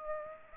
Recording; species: mosquito wingbeat signal from an infrared sensor; Aedes aegypti